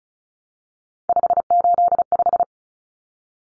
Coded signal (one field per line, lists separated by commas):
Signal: Morse code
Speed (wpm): 34 wpm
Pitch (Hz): 700 Hz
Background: none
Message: 585